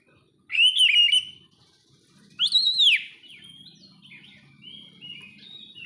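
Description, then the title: Oriental magpie-robin song: two loud, sweet whistled phrases, one arching, then a thin string of softer whistles. "kacer"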